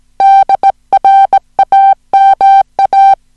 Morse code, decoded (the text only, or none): DRAMA